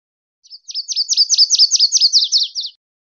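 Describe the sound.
Virginia's warbler giving one high, rapid trill of evenly repeated notes that ends with a few slightly lower notes, clean background.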